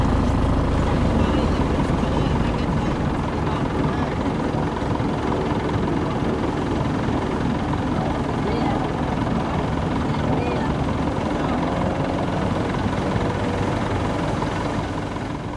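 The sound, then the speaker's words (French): A motorboat engine roars loudly and continuously as the boat accelerates, a dense low rumble with rushing water noise that holds strong for the whole stretch without pause. “Les accélérations sont terribles.”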